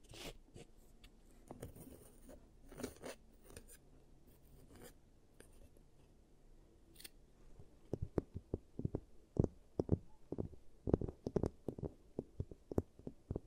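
ASMR teeth-treatment sounds: soft scraping and clicking, with bright crunchy bursts early, then sharp, irregular tapping clicks after eight seconds.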